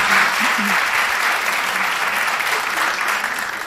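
An audience claps steadily, a dense, even wash of many hands that holds at a constant loudness before tapering slightly at the end, with a faint voice or two underneath.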